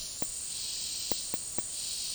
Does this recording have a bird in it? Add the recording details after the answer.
no. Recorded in dense forest near Puerto Asís, Putumayo, Colombia, on 19 February 2024 at 16:00. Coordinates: 0.503, -76.322. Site G6418